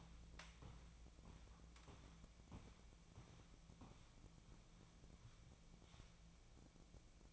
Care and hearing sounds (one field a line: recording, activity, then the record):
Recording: daily activity, microphone in the room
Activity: walk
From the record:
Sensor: 1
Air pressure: 1012.2 hPa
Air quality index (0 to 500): 177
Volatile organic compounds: 3 ppm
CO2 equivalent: 1455 ppm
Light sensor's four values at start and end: 49/134/55/67 and 47/129/53/65